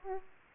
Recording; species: mosquito wingbeat signal from an infrared sensor; Aedes aegypti